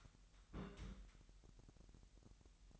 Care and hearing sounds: daily activity, microphone in the room; place on stove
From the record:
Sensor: 3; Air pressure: 1001.9 hPa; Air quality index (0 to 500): 245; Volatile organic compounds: 48 ppm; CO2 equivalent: 3263 ppm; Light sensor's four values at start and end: 6/15/6/6 and 6/15/6/6

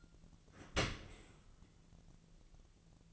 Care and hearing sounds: daily activity, microphone in the room; open dishwasher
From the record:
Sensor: 4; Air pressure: 1001.3 hPa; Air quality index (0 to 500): 179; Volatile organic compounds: 2 ppm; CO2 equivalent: 1277 ppm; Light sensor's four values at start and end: 11/26/11/11 and 11/26/10/11

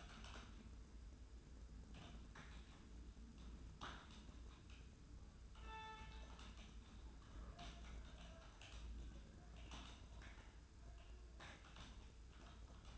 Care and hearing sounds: daily activity, microphone in the room; typing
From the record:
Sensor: 2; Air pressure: 994.3 hPa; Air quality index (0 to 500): 210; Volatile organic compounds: 1000 ppm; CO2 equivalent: 6917 ppm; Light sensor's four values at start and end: 54/124/53/55 and 53/124/53/54

